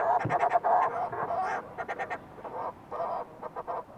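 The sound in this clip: Fulmar prion harsh calls: fast clusters of gruff pulses, loudest at the start, followed by softer grating bursts in uneven groups.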